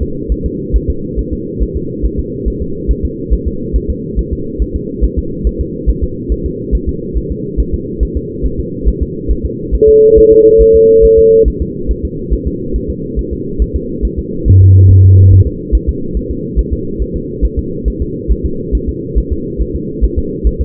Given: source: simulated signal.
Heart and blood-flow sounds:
fetal heart sounds
0.03 s: S2
0.32 s: S1
0.46 s: S2
0.76 s: S1
0.90 s: S2
1.19 s: S1
1.33 s: S2
1.62 s: S1
1.77 s: S2
2.05 s: S1
2.20 s: S2
2.48 s: S1
2.62 s: S2
2.91 s: S1
3.05 s: S2
3.34 s: S1
3.47 s: S2
3.76 s: S1
3.90 s: S2
4.19 s: S1
4.33 s: S2
4.62 s: S1
4.76 s: S2
5.05 s: S1
5.19 s: S2
5.47 s: S1
5.61 s: S2
5.90 s: S1
6.04 s: S2
6.32 s: S1
6.46 s: S2
6.75 s: S1
6.89 s: S2
7.18 s: S1
7.31 s: S2
7.60 s: S1
7.74 s: S2
8.03 s: S1
8.17 s: S2
8.46 s: S1
8.60 s: S2
8.88 s: S1
9.03 s: S2
9.31 s: S1
9.45 s: S2
9.75 s: S1
9.89 s: S2
10.18 s: S1
10.32 s: S2
10.61 s: S1
10.75 s: S2
11.05 s: S1
11.19 s: S2
11.48 s: S1
11.62 s: S2
11.91 s: S1
12.05 s: S2
12.33 s: S1
12.47 s: S2
12.76 s: S1
12.90 s: S2
13.19 s: S1
13.33 s: S2
13.62 s: S1
13.76 s: S2
14.05 s: S1
14.19 s: S2
14.48 s: S1
14.62 s: S2
14.91 s: S1
15.05 s: S2
15.33 s: S1
15.47 s: S2
15.75 s: S1
15.89 s: S2
16.17 s: S1
16.31 s: S2
16.59 s: S1
16.73 s: S2
17.02 s: S1
17.16 s: S2
17.45 s: S1
17.59 s: S2
17.88 s: S1
18.02 s: S2
18.31 s: S1
18.46 s: S2
18.75 s: S1
18.89 s: S2
19.18 s: S1
19.32 s: S2
19.62 s: S1
19.76 s: S2
20.05 s: S1
20.19 s: S2
20.47 s: S1
20.61 s: S2
From the record:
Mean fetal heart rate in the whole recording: 140 bpm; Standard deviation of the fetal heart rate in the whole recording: 2 bpm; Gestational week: 34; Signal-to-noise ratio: -6.6 dB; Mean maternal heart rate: 72 bpm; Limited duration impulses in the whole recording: present

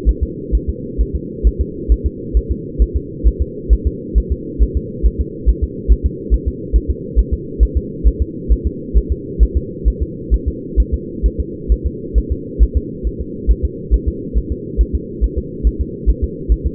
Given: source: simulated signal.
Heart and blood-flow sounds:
fetal heart sounds
0.09 s: S1
0.23 s: S2
0.55 s: S1
0.69 s: S2
1.01 s: S1
1.16 s: S2
1.47 s: S1
1.61 s: S2
1.92 s: S1
2.06 s: S2
2.37 s: S1
2.51 s: S2
2.82 s: S1
2.96 s: S2
3.27 s: S1
3.42 s: S2
3.73 s: S1
3.87 s: S2
4.18 s: S1
4.32 s: S2
4.63 s: S1
4.77 s: S2
5.06 s: S1
5.21 s: S2
5.49 s: S1
5.64 s: S2
5.92 s: S1
6.06 s: S2
6.34 s: S1
6.48 s: S2
6.76 s: S1
6.90 s: S2
7.19 s: S1
7.34 s: S2
7.63 s: S1
7.77 s: S2
8.07 s: S1
8.22 s: S2
8.52 s: S1
8.67 s: S2
8.98 s: S1
9.12 s: S2
9.43 s: S1
9.57 s: S2
9.88 s: S1
10.02 s: S2
10.34 s: S1
10.48 s: S2
10.80 s: S1
10.94 s: S2
11.26 s: S1
11.40 s: S2
11.72 s: S1
11.86 s: S2
12.18 s: S1
12.32 s: S2
12.63 s: S1
12.77 s: S2
13.07 s: S1
13.21 s: S2
13.51 s: S1
13.65 s: S2
13.94 s: S1
14.08 s: S2
14.38 s: S1
14.52 s: S2
14.81 s: S1
14.95 s: S2
15.24 s: S1
15.38 s: S2
15.67 s: S1
15.81 s: S2
16.10 s: S1
16.24 s: S2
16.52 s: S1
16.66 s: S2
From the record:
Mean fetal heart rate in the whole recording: 135 bpm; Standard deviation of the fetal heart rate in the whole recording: 3 bpm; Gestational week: 34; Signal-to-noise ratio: -4.1 dB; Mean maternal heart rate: no maternal heart sound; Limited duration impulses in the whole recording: absent

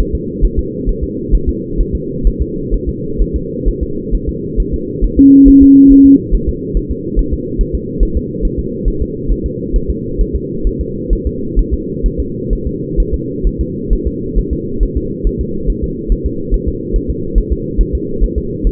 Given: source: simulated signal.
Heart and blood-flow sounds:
fetal heart sounds
0.00 s: S1
0.15 s: S2
0.45 s: S1
0.59 s: S2
0.89 s: S1
1.04 s: S2
1.35 s: S1
1.49 s: S2
1.81 s: S1
1.95 s: S2
2.27 s: S1
2.42 s: S2
2.74 s: S1
2.89 s: S2
3.22 s: S1
3.36 s: S2
3.68 s: S1
3.83 s: S2
4.15 s: S1
4.29 s: S2
4.60 s: S1
4.74 s: S2
5.04 s: S1
5.19 s: S2
5.48 s: S1
5.63 s: S2
5.92 s: S1
6.06 s: S2
6.35 s: S1
6.49 s: S2
6.77 s: S1
6.91 s: S2
7.19 s: S1
7.33 s: S2
7.61 s: S1
7.75 s: S2
8.03 s: S1
8.17 s: S2
8.45 s: S1
8.59 s: S2
8.88 s: S1
9.02 s: S2
9.32 s: S1
9.46 s: S2
9.76 s: S1
9.90 s: S2
10.21 s: S1
10.36 s: S2
10.67 s: S1
10.81 s: S2
11.13 s: S1
11.27 s: S2
11.59 s: S1
11.74 s: S2
12.06 s: S1
12.20 s: S2
12.53 s: S1
12.67 s: S2
13.00 s: S1
13.14 s: S2
13.47 s: S1
13.61 s: S2
13.93 s: S1
14.07 s: S2
14.39 s: S1
14.53 s: S2
14.83 s: S1
14.97 s: S2
15.27 s: S1
15.41 s: S2
15.70 s: S1
15.84 s: S2
16.12 s: S1
16.26 s: S2
16.54 s: S1
16.68 s: S2
16.96 s: S1
17.10 s: S2
17.38 s: S1
17.52 s: S2
17.81 s: S1
17.95 s: S2
18.24 s: S1
18.38 s: S2
18.67 s: S1
From the record:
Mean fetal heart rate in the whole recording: 135 bpm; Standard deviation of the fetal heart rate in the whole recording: 3 bpm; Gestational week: 36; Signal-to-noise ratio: -6.6 dB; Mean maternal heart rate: 72 bpm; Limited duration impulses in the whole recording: present

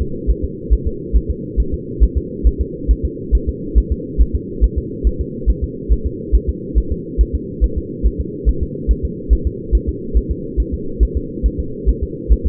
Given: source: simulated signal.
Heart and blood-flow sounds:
fetal heart sounds
0.02 s: S2
0.30 s: S1
0.44 s: S2
0.73 s: S1
0.87 s: S2
1.16 s: S1
1.30 s: S2
1.60 s: S1
1.74 s: S2
2.03 s: S1
2.17 s: S2
2.47 s: S1
2.61 s: S2
2.91 s: S1
3.05 s: S2
3.35 s: S1
3.49 s: S2
3.78 s: S1
3.92 s: S2
4.21 s: S1
4.35 s: S2
4.64 s: S1
4.78 s: S2
5.07 s: S1
5.21 s: S2
5.50 s: S1
5.64 s: S2
5.92 s: S1
6.06 s: S2
6.35 s: S1
6.49 s: S2
6.78 s: S1
6.92 s: S2
7.21 s: S1
7.35 s: S2
7.64 s: S1
7.78 s: S2
8.06 s: S1
8.20 s: S2
8.49 s: S1
8.63 s: S2
8.91 s: S1
9.05 s: S2
9.33 s: S1
9.47 s: S2
9.75 s: S1
9.89 s: S2
10.17 s: S1
10.31 s: S2
10.60 s: S1
10.74 s: S2
11.03 s: S1
11.17 s: S2
11.46 s: S1
11.60 s: S2
11.89 s: S1
12.03 s: S2
12.32 s: S1
12.46 s: S2
From the record:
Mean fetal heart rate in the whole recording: 140 bpm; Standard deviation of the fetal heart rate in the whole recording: 2 bpm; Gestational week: 34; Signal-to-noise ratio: -4.3 dB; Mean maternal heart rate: 72 bpm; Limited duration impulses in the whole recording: absent

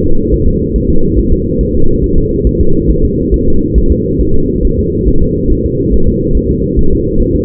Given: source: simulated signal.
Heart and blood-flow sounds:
fetal heart sounds
0.06 s: S2
0.34 s: S1
0.48 s: S2
0.76 s: S1
0.90 s: S2
1.19 s: S1
1.33 s: S2
1.61 s: S1
1.75 s: S2
2.04 s: S1
2.18 s: S2
2.47 s: S1
2.61 s: S2
2.91 s: S1
3.05 s: S2
3.34 s: S1
3.48 s: S2
3.78 s: S1
3.92 s: S2
4.21 s: S1
4.35 s: S2
4.65 s: S1
4.79 s: S2
5.08 s: S1
5.23 s: S2
5.52 s: S1
5.66 s: S2
5.94 s: S1
6.08 s: S2
6.37 s: S1
6.51 s: S2
6.79 s: S1
6.93 s: S2
7.22 s: S1
7.36 s: S2
From the record:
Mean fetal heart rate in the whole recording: 140 bpm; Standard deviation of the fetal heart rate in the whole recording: 2 bpm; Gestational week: 34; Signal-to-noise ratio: -19.1 dB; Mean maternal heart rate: 72 bpm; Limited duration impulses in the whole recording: present

